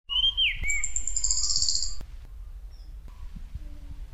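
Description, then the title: Thrush song: a loud whistled note sliding downward, then a long, high, sustained note held for over a second, with low rumbling noise underneath. "Suara Burung Anis"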